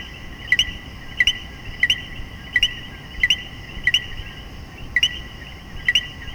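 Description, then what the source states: Common coquí giving its two-part 'co-qui' call roughly eight times, each a short low note followed by a higher upswept whistle, over a continuous chorus. In Puerto Rico.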